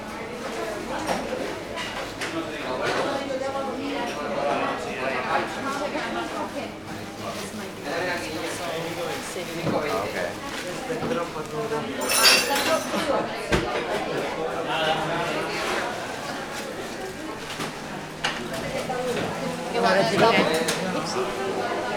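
A short walk through Puerta del Sol, filled with a steady murmur of many voices talking at once. Occasional clinks and sharp taps cut through the chatter, with a brief bright hiss near the middle. The crowd noise stays dense and even throughout.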